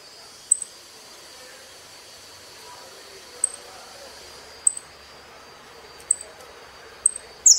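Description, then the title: Saffron finch with sharp, high, clipped notes at irregular intervals, ending in a louder note, against faint background hiss. "Jilguero Argentino"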